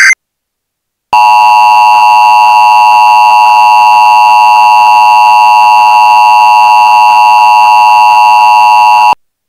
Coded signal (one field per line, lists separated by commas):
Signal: Emergency Alert System (SAME) tones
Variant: 853 and 960 Hz attention tone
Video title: EAS Child Abduction Emergency (AMBER Alert) Minnesota Statewide Alert